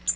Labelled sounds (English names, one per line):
Tennessee Warbler flight call